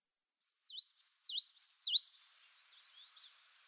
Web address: Schulze Peter Azure Tit song